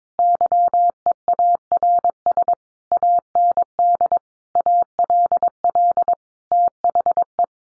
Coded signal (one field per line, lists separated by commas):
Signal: Morse code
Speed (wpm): 22 wpm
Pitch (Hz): 700 Hz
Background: none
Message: YEARS AND ALL THE